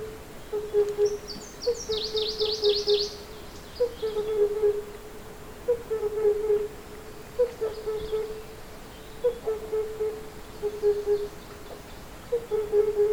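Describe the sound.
Himalayan cuckoo giving steady, deep hooping notes in small clusters roughly every two seconds; a high buzzy trill sounds near the start.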